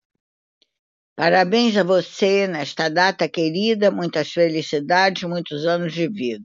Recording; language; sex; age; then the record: short text; Brazilian Portuguese; female; 60 to 69 years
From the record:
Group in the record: control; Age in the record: 65 years